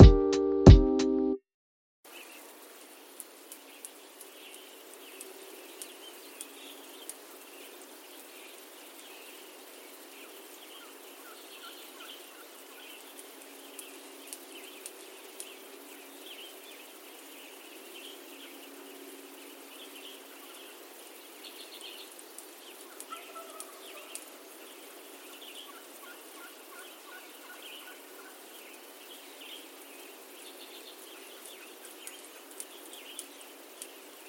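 A quiet outdoor morning in the mountains, opening with a brief loud burst before settling into a faint, steady background. Scattered soft bird calls and chirps come through, with a thin high insect-like hiss throughout and occasional clicks.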